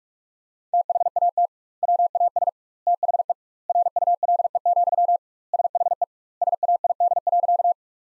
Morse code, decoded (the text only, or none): THAT WAS THE RULE, SHE SAID.